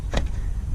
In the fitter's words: goes on and then you spin it and it locks into place just like that